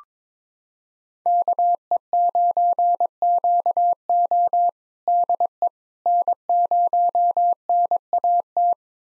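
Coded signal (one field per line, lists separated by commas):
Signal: Morse code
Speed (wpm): 22 wpm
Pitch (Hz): 700 Hz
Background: none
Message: KE9QO DE N0NAT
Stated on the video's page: Call sign pair copying drill at 22 wpm, each five-character call sent in Morse, spoken, then sent again.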